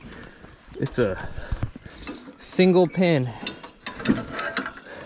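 Someone talks while handling the locking pin in a carrying cart's wheel frame, with brief mechanical ratcheting and clacking sounds. The pin has not yet dropped in to lock the wheel assembly, and nothing has seated or clicked into place by the end of the clip.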